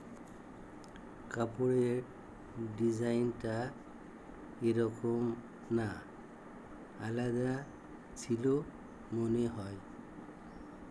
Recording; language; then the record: elicited speech; Bengali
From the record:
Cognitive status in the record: dementia